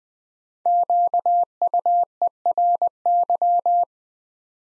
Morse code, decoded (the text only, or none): QUERY